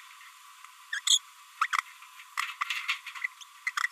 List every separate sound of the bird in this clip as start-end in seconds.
0.93-1.00, 1.07-1.18, 1.61-1.67, 3.41-3.43, 3.67-3.71